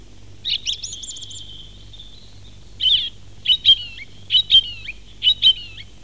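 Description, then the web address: Song thrush song: a quick stuttering trill, then a clear two-note phrase repeated three times at roughly one-second intervals, high and bright over quiet background. "fugler maaltrost"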